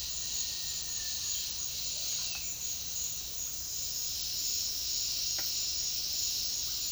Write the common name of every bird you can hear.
none